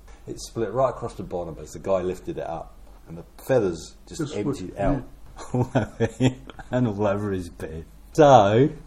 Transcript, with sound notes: it split right across the bottom as the guy lifted it up, and the feathers just emptied out all over him [chuckle] and all over his bed. So…